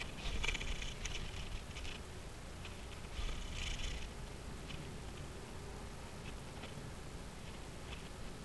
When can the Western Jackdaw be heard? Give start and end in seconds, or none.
none